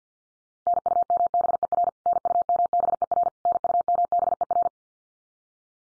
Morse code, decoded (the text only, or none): NUMBER NUMBER NUMBER